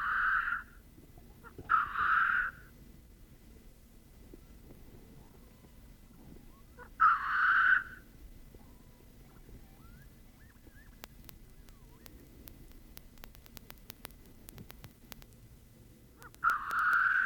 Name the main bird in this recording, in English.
Black Grouse